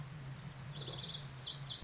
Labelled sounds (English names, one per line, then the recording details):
Lazuli Bunting
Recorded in Sonoma County, California